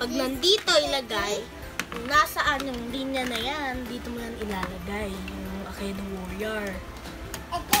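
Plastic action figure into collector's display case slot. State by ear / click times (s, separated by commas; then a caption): seated / 7.7 s. A child lines up the marks on a plastic action figure with the slot in a plastic collector's display case and pushes it in while someone talks. The figure snaps into the slot with a click at 7.7 seconds, seating it in the case.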